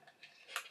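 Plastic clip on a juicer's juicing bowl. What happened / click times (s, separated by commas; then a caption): The plastic clip snapped shut / 0.6 s. While assembling a cold press juicer, a plastic clip on the juicing bowl is closed by hand. A faint tick comes at 0.2 s, then a sharp, bright tick at 0.6 s as the clip snaps shut, seating it.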